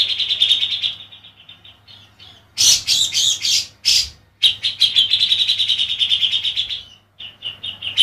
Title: Kicau Kacer